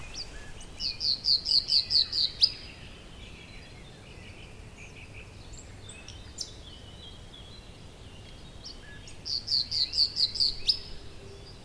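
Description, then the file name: Common nightingale song: two bursts of rapid, evenly repeated high piping notes, each ending in a sharp accent, separated by quieter scattered notes over background noise. "Luscinia megarhynchos"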